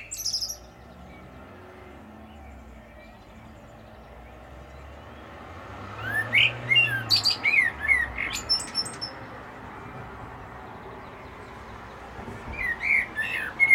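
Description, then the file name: Common blackbird song: after a quiet start, a fluted phrase with squeaky high twitters, fairly faint, then a short further snatch near the end. "Turdus merula"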